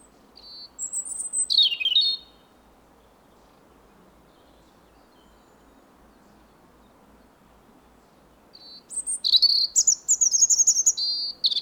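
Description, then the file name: European robin song in two high, tinkling warbled phrases separated by a long quiet pause of about six seconds. "Erithacus rubecula 240922"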